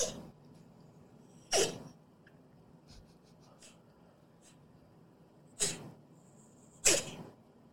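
A domestic cat with suspected feline asthma, not confirmed by a vet: three sharp, forceful snorting bursts over about eight seconds, separated by quiet, noisy breathing. The bursts resemble sneezes or reverse sneezing; the cat sounds as if it wants to vomit but does not gag.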